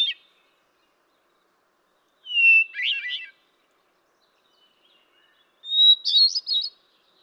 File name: Hermit Thrush